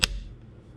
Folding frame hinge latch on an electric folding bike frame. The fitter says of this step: so it's going to go here and it's going to lock into place like